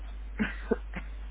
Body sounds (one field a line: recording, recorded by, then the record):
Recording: voluntary cough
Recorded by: telephone call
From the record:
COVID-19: positive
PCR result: checked with the laboratory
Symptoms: yes